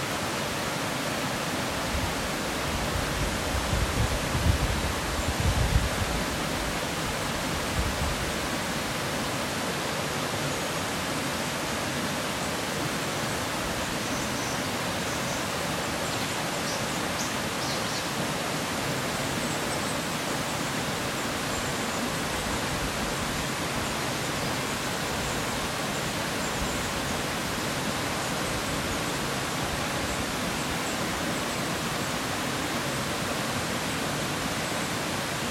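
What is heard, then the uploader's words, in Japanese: Outdoor sound at a shrine, filled by a steady, dense rush like falling or flowing water that holds even throughout. Low rumbling thuds swell in the first several seconds, and faint high chirps surface briefly around the middle. トークなし・パワースポットの音玉/水辺の音。熊本菊池の八大龍王神社の音。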